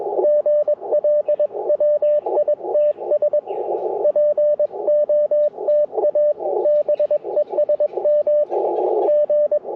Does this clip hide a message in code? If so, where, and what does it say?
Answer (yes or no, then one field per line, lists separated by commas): yes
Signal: Morse code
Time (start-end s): 0.2-9.6 s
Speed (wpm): 21 wpm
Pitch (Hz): 600 Hz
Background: radio noise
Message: GL W ITS POTA BESM G